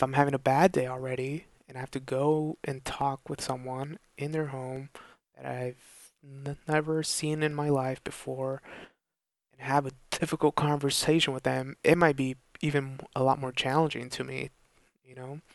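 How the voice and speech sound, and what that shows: An adult man who stutters speaks in a steady, moderately pitched voice, mostly fluently. A prolonged, repeated 'n' comes before 'never', along with several hesitant pauses and stretched word endings. These are mild stuttering disfluencies in conversational speech.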